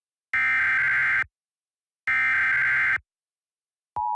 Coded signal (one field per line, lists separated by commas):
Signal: Emergency Alert System (SAME) tones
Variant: header bursts